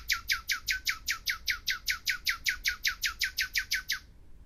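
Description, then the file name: Common nightingale song: a fast, steady run of many identical sharp notes, stopping abruptly. "Luscinia megarhynchos"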